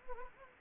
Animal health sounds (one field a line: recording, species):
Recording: mosquito wingbeat signal from an infrared sensor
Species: Anopheles gambiae